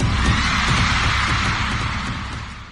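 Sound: heartbeat sound effect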